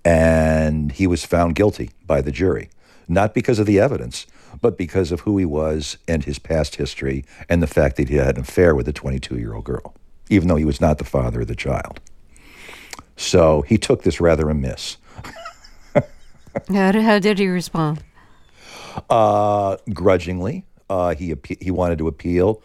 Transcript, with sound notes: And he was found guilty by the jury, not because of the evidence, but because of who he was and his past history and the fact that he had an affair with a 22-year-old girl, even though he was not the father of the child. So he took this rather amiss (laughter).
How did he respond?
Grudgingly. He wanted to appeal.